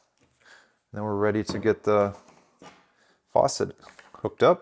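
A 1/4 in water hose is being handled to go into the quick-connect fitting on a portable faucet while someone talks. The hose has not seated or clicked into the fitting yet.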